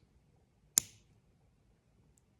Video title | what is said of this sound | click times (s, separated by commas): 1979 Trans Am Rear Wiring Harness restoration #8 | then push till it clicks. | 0.8 s